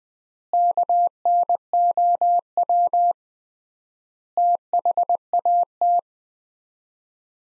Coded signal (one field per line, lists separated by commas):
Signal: Morse code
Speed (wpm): 21 wpm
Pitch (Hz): 700 Hz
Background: none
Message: KNOW THAT